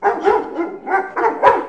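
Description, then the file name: Dog barking: several quick sharp barks in under two seconds. "hond"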